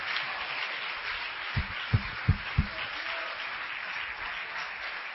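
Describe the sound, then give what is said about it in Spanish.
An audience at a church service claps for Christ in a steady, dense wash of applause, with a few louder, low thumps standing out briefly in the middle. No one speaks. “¡Denle palmas a Cristo!”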